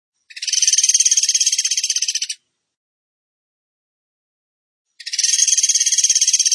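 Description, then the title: Bird delivering a dense, high buzzy trill of two seconds, a long pause, then another similar trill starting. Masteran song in the tembakan gacor style. "Masteran Burung Tembakan Gacor"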